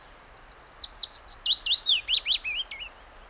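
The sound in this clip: Willow warbler song: a sweet, clear phrase of whistled notes slipping gently downward in pitch over about two and a half seconds, against a soft background hiss.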